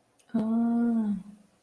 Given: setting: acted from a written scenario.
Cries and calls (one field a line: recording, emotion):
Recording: vocal sound without words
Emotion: interest